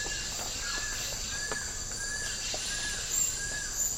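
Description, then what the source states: Insects droning in a continuous high, even buzz, while a soft whistled note rises and falls repeatedly. Tropical rainforest habitat.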